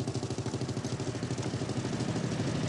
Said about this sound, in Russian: Навстречу проезжает еще один мотоцикл с коляской.